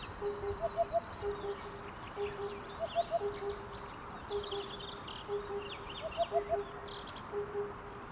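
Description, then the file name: Cuckoo: steady pairs of soft low hoots repeated about once a second, with occasional quick three-note phrases above and chattering birds in the background. "minutes of cuckoos"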